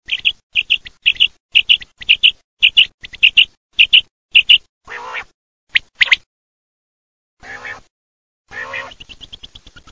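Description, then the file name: Common quail calling: crisp high notes in repeated groups of two or three, roughly every half second, followed by a few lower, rougher bursts. "QUAGLIAPRO"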